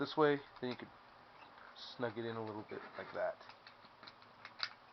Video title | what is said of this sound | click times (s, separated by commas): Transformers G1 Soundwave 1983 | So you hear that good click sound. | 4.6 s